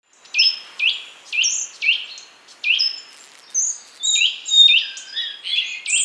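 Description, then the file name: Eurasian nuthatch calls: clear, piping notes that swoop down in pitch, repeated about every half second, with higher twittering joining from midway. "Sitta europaea"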